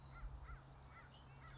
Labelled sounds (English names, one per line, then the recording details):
American Crow
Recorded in Sonoma County, California